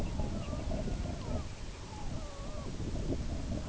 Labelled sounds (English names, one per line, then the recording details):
unidentified sound
Red-throated Loon
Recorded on Arctic tundra, site IGLO-B, on 19 June 2018
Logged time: 23:59